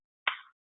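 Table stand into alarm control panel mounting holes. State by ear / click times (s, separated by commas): seated / 0.3 s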